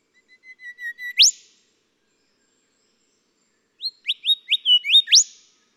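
Golden whistler song: a series of whistles swelling to a rising whipcrack, then after a pause another phrase of whistles with a second whipcrack.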